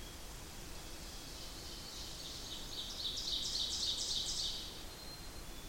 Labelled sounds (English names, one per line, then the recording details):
Ovenbird song
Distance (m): 50 m
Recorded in boreal forest in Alberta, Canada, on 8 June 2016 at 08:03
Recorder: SongMeter 3, array SBT-3-9
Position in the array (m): 53 m, 106 m
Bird 33